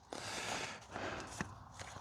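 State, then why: Not seated. During an oil change on a VW Caddy 2.0 TDI, a paper oil filter element is handled and pushed toward the slot at the bottom of the plastic oil filter housing cap, producing steady rustling and scraping with a few short, sharp knocks. The element has not clicked or seated in the cap yet.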